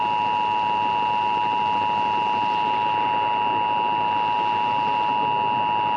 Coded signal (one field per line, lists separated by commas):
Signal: Emergency Alert System (SAME) tones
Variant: 853 and 960 Hz attention tone